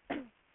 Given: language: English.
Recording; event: throat vibration sensor signal played as sound; cough